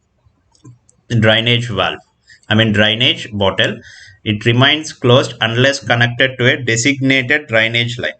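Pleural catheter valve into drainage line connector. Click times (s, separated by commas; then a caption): 0.9 s. The one-way valve of an indwelling pleural catheter is connected to the drainage bottle line, giving a sharp click at 0.9 s as the valve seats onto the drainage line connector. Someone talks over the rest of the clip.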